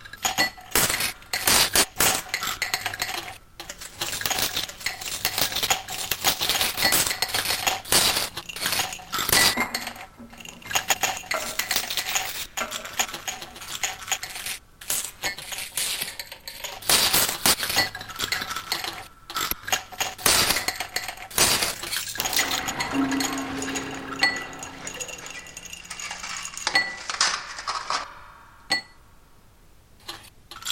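Ice cubes rattle and clink against glass in dense, bright bursts for most of the recording, thinning out near the end.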